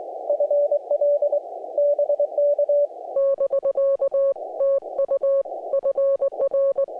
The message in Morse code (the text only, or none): FL BK <BK> TU FR